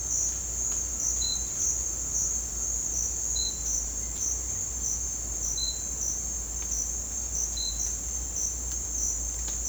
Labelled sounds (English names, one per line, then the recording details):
none
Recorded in dense forest near Puerto Asís, Putumayo, Colombia, on 18 December 2024 at 08:00
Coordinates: 0.466, -76.327
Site G075